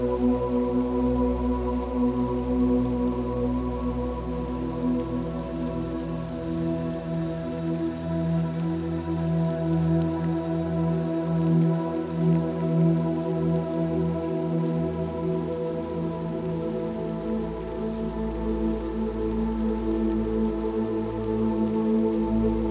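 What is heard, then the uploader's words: Soft rain patters steadily beneath a calm, sustained musical drone of low, warm tones that hold evenly throughout without any sudden changes. Soothing Music for Sleep | Soft Rain Sounds.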